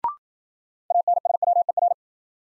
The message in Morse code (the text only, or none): ANSWER